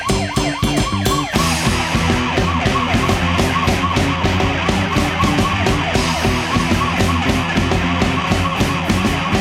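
A fire engine siren blares loudly and without pause for the whole stretch, its harsh, layered tones pulsing rhythmically over a dense roar. No voices are heard.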